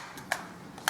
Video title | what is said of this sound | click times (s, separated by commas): Garand Action Rifles Part 3: Ruger Mini-14 | sprocket in there positive click and a rock right back out ok | 0.9 s